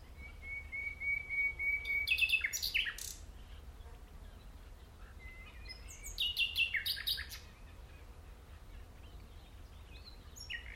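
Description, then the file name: Common nightingale song starting with a long, pure, even whistle, then a burst of rapid clicking notes; a second whistle-and-trill phrase follows after a pause. "Luscinia megarhynchos"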